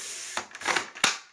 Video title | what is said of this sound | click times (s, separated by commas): Comparison between the Dyson DC07 and the DC50 | until it clicks slide this cover and there you go at attachments are on board | 1.0 s